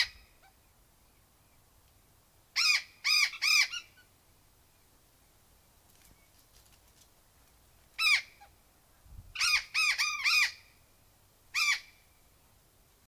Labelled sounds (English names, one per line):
Burrowing Parrot call